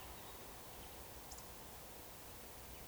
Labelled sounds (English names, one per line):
Eurasian Woodcock whistle